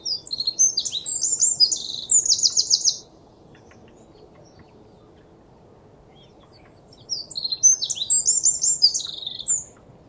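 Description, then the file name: Eurasian wren delivers two energetic bursts of high, rattling trills and sharp notes, separated by roughly four seconds of quiet background hiss. "Troglodytes troglodytes"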